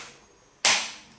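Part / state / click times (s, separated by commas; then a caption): torque wrench tightening the rear derailleur bolt into the frame hanger / torque reached / 0.7 s. A torque wrench set to 8-10 Nm tightens the rear derailleur mounting bolt of a Shimano rear derailleur into the bike frame hanger. After a faint decaying tail and quiet, a sharp, bright click sounds at 0.6 s and fades over about half a second. The click shows the bolt has been tightened correctly to the set torque.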